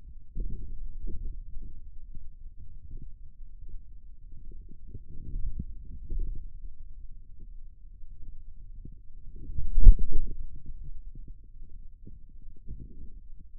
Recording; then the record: forearm muscle sounds (acoustic myography)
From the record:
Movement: wrist extension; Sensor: system 2, bracelet of six BSWA MPA416 microphones around the upper forearm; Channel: 3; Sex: male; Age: 22 years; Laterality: right